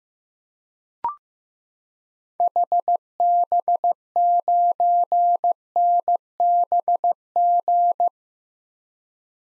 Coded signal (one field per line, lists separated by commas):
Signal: Morse code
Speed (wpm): 15 wpm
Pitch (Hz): 700 Hz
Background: none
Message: HB9NBG